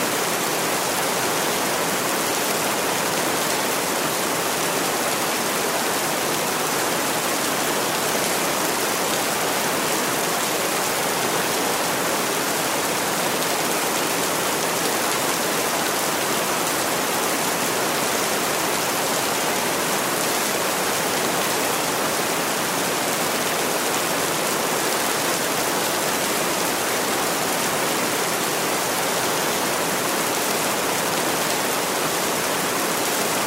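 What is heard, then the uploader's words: Heavy rain pours down in a dense, unbroken hiss from start to finish, with no letup or change in strength. The sound is bright and full, with fine tapping packed so tightly it blurs into a steady wash, and little low rumble beneath. Heavy Rain. Raindrops tapping against your window.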